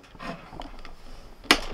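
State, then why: Seated. A plastic carbonation bottle for a SodaStream Art soda maker is pushed up into the machine's bottle holder and twisted shut. Soft scraping and small taps lead to one sharp, loud knock at 1.5 seconds as it twist-locks. The bottle is seated and locked into place.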